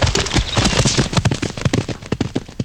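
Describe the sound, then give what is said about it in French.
A riderless horse gallops away in the countryside by day, with rapid, uneven hoofbeats thudding over a steady hiss, the pounding rhythm growing more broken and slightly fainter toward the end. No voices are heard. “Un cheval sans cavalier s'éloigne au galop.”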